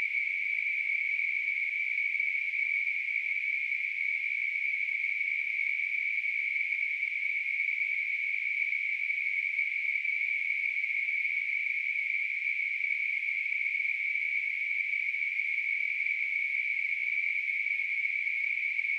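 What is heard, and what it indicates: A steady, high-pitched hissing ring, a narrow band of noise around 2 kHz, holds unchanged at constant loudness for the full 19 seconds. It is a simulation of tinnitus, the phantom ringing or hissing that people with the condition hear.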